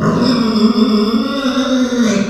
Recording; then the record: squeal of a Yucatan mini pig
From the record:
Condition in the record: after surgery on the right vocal fold (resection and tissue-engineered implant); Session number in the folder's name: 14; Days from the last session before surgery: 133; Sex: female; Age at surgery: 19 weeks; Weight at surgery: 25 kg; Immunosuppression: prednisolone